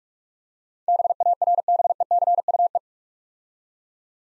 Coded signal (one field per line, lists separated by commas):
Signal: Morse code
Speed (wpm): 46 wpm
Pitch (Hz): 700 Hz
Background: none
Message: BARBECUE